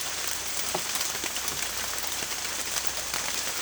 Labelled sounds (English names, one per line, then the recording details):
none
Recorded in secondary vegetation near Puerto Asís, Putumayo, Colombia, on 27 June 2025
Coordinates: 0.488, -76.319
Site G094